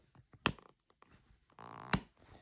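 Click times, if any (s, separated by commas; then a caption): 0.5 s, 1.9 s. An iPhone 15 Pro Max in natural titanium with a freshly installed screen protector is pressed into a black, fabric-covered protective case to keep it protected. A sharp click sounds at 0.5 s, followed by quiet taps and a brief rubbing scrape, then a second loud snap at 1.9 s. The case's edges snap over the phone and it is seated.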